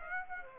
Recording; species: mosquito wingbeat signal from an infrared sensor; Aedes aegypti